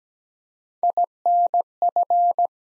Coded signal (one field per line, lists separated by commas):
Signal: Morse code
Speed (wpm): 17 wpm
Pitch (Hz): 700 Hz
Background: none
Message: INF